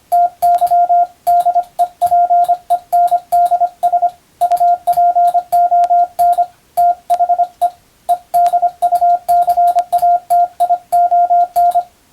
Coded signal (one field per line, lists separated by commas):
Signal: Morse code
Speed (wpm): 25 wpm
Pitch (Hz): 700 Hz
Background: radio noise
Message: TY DEPENDS UPON THE EDUCATION